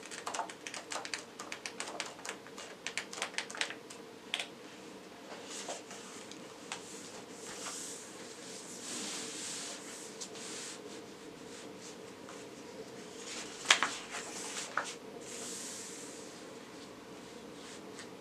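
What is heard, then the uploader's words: Pages turning, with dry paper rustles and crisp flicks spread across the whole stretch. The sliding swishes come in clusters, denser early on, with a sharper snap near thirteen seconds and a soft hiss underneath throughout. Page Turning, Softly Spoken. The general soft speech and page-turning.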